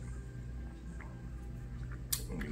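A magnetic control linkage is connected inside the hull of a 1/96 scale Barbel class RC model submarine, the USS Blueback. Over a low background hum with a few faint taps, the linkage snaps together with a sharp click at 2.1 s, seating in place.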